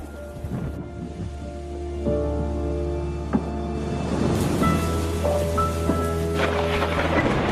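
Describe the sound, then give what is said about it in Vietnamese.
Steady heavy rain, a downpour, hisses throughout, a dense wash of noise that swells slightly midway, with sustained musical tones layered underneath and one brief sharp knock partway through. No one speaks. “Những giọt nước mắt cứ chan hòa vào trong cơn mưa.”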